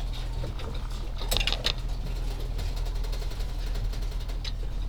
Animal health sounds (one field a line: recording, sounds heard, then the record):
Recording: poultry house recording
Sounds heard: sick chickens (respiratory disease)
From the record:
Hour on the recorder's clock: 16